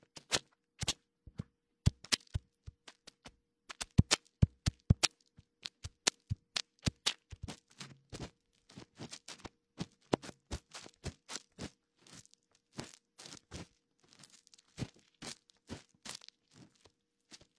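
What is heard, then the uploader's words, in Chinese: Dry fingertip rubbing produces a rapid, irregular run of sharp crackles and crunchy clicks. The first half has louder, sparser snaps; after about eight seconds the strokes turn softer and denser, with a faint scratchy rasp between clicks. 清理你的耳朵(双耳同时) 木质耳勺、棉签、指尖摩擦。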